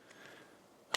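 A plastic camera ring is pushed out of a Magbak ELITE case for the iPhone 16 Pro from the correct side. Faint handling noise runs through the quiet clip until a sharp pop at 0.9 s as the ring comes free, and it is confirmed out.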